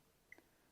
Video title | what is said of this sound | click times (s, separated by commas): Fuji Guys - FUJIFILM X-A5 - Unboxing and Getting Started | that up with the gold sticker on the battery door and it slides in there locks in place | 0.3 s